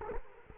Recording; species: mosquito wingbeat signal from an infrared sensor; Culex quinquefasciatus